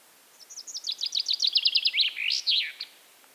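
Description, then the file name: Common chaffinch singing one full phrase, sharp descending notes accelerating into a run, then a loud twisting terminal flourish; a quiet, steady background otherwise. "Fringilla coelebs"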